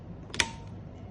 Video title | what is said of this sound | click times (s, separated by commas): Tutoriel 3 : Mise sous vide automatique d’un produit avec la machine MAPOUJI. | Clipse, on l'a entendu, on vient de l'entendre. | 0.3 s, 0.4 s